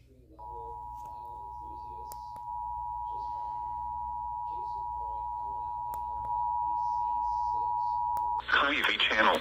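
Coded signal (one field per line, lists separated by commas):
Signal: Emergency Alert System (SAME) tones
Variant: 853 and 960 Hz attention tone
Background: speech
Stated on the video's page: Special marine warning alert tones in Hawaii.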